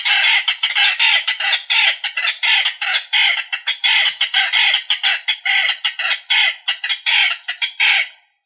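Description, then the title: Rail calling with a chattering run of harsh, grating notes repeated in quick irregular succession. "LuckyFamilia RallidaeFrangoSama"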